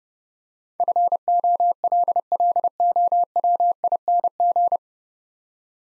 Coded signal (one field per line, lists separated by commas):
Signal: Morse code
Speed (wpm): 29 wpm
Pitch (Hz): 700 Hz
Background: none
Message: FOLLOWING